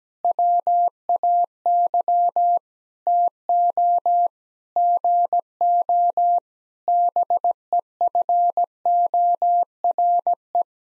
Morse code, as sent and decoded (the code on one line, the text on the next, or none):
.-- .- -.-- / - --- / --. --- / -... . ..-. --- .-. .
WAY TO GO BEFORE